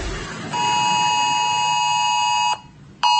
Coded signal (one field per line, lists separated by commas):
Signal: Emergency Alert System (SAME) tones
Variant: 853 and 960 Hz attention tone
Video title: Emergency Alert Message क्या आपके Smartphone पर भी आया क्या? | | Earthquake@BNJ3star_